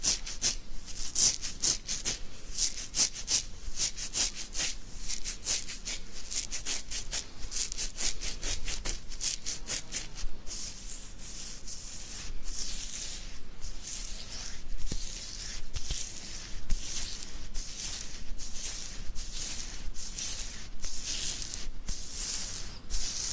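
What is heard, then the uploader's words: Dry scratching of a beard, made of quick bristly strokes that sound bright and hissy. For the first ten seconds the strokes come fast and dense, then they slow into longer, separate rasps about once a second. A faint low rumble stays underneath. ASMR INSANE BEARD SCRATCHING.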